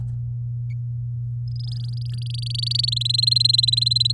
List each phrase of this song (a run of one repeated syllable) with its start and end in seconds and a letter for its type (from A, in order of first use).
1.44-2.90 A, 2.92-4.12 B